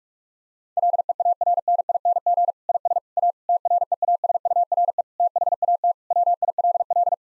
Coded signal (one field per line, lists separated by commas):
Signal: Morse code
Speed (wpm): 46 wpm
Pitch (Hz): 700 Hz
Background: none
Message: LEARNING IS A TREASURE THAT WILL